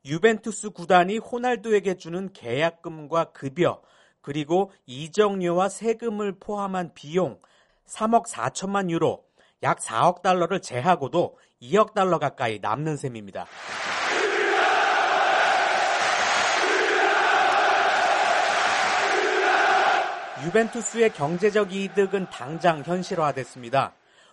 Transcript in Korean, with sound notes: 유벤투스 구단이 호날두에게 주는 계약금과 급여, 그리고 이적료와 세금을 포함한 비용 3억4천만 유로(약 4억 달러)를 제하고도 2억 달러 가까이 남는 셈입니다. [녹취: 축구경기 현장음] 유벤투스의 경제적 이득은 당장 현실화됐습니다.